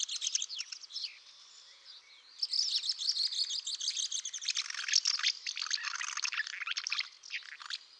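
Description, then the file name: Common house martin chatter, a busy stream of dry, scratchy chirps and short buzzes with brief pauses, running almost without break throughout. "OKNOWKA"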